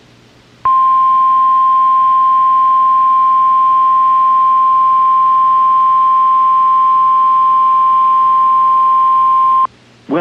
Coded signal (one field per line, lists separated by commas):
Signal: Emergency Alert System (SAME) tones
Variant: 1050 Hz attention tone